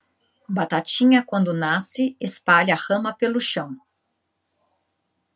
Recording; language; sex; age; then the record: short text; Brazilian Portuguese; female; 40 to 49 years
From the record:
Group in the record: control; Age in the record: 48 years